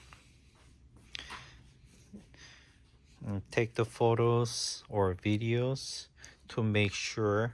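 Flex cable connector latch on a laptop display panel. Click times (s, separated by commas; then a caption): 1.2 s. After the display film cable is inserted into its connector on a Samsung laptop display panel, the small connector cover latch is flipped down to lock it. A sharp click is heard at 1.2 s as the latch closes and seats, with fainter ticks around it. Someone then talks.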